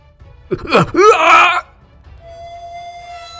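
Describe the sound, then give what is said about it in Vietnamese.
An old driver lets out an anguished scream of pain after his hand is cut off at the wrist in pouring rain, a strained, wavering cry that rises and falls for about a second before cutting off, followed by a faint lingering high tone. “Lão tài xế gào lên một tiếng thê lương, sau đó ôm cánh tay của mình, đau đớn ngã trái ngã phải.”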